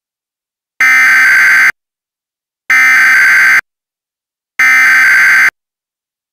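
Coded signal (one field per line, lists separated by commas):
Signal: Emergency Alert System (SAME) tones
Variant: header bursts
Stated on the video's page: EAS mock of a Required Weekly Test, not a real alert.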